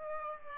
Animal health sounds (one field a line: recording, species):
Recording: mosquito wingbeat signal from an infrared sensor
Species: Aedes aegypti